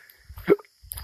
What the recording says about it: I got the hiccups, which you can hear.